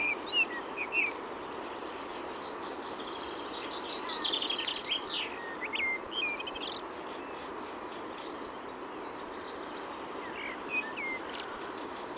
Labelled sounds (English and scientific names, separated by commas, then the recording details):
Common Chaffinch (Fringilla coelebs) song
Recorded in the wild
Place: Oberstdorf, Bayern, DE
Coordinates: 47.38, 10.2969
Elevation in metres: 881
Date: 1976-04-02
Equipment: Nagra IV, Sennheiser MKH 405, Parabolreflektor
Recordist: Tretzel, Erwin